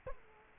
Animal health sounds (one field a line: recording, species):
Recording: mosquito wingbeat signal from an infrared sensor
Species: Culex quinquefasciatus